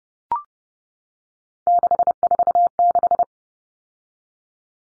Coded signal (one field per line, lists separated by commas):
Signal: Morse code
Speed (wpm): 30 wpm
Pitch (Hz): 700 Hz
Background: none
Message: 646